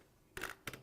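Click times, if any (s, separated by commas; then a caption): 0.4 s, 0.7 s. A plastic attachment is pushed onto the motor body of a Braun hand blender and locks into place with a satisfying click. Two sharp clicks are heard at 0.4 s and 0.7 s, each followed by a brief rattle, against a quiet background. The attachment is seated.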